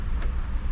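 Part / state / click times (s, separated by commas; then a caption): wiring harness connector into tail lamp assembly / not seated / none. The wiring harness connector is being plugged back into the plastic tail lamp assembly of a 2017–2020 Hyundai Elantra, over a steady low, wind-like rumble, with a brief louder handling noise near 0.8 s. Nothing has seated or clicked yet.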